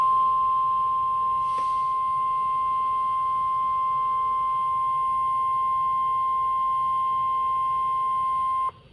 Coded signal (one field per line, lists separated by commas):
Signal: Emergency Alert System (SAME) tones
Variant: 1050 Hz attention tone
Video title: Spotty September || EAS Alerts from Mid September 2022 || EAS 402-406